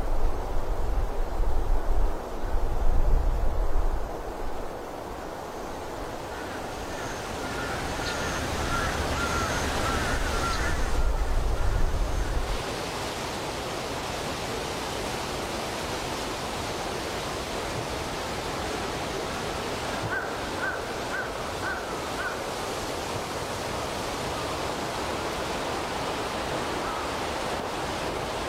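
Wind moves through a forest with a steady, dense rushing hiss. Low gusts swell in the first few seconds and again around 10–12 seconds, then settle into an even murmur. Faint bird chirps appear near 7–11 seconds and again around 20–22 seconds.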